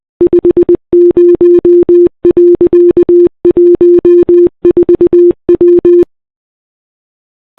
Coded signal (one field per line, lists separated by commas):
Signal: Morse code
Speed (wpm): 20 wpm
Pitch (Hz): 350 Hz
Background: none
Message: 50.14W